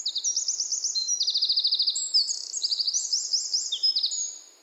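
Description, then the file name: Eurasian wren song already underway, with shrill repeated notes and fast buzzy trills that fade out at the close. "Troglodytes troglodytes"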